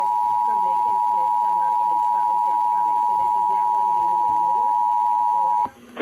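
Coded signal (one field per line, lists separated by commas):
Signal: Emergency Alert System (SAME) tones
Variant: 853 and 960 Hz attention tone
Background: speech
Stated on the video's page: Real tornado warning received on AM/FM radio.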